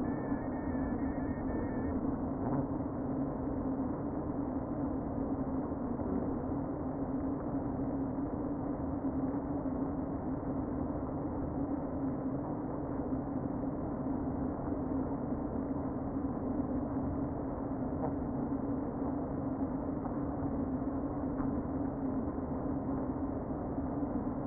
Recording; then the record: honeybee colony, microphone inside the hive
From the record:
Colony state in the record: queen present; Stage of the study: before two queens were removed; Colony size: about 60,000 bees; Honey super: yes